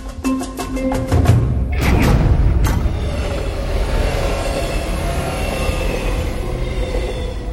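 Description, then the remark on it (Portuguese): A train rolls along the rails with a rapid series of sharp clacks at the start, then settles into a loud, steady rumble with a thin metallic squeal running over it. “Definitivamente a gente tem que entrar num trem e ir pra longe, cara.”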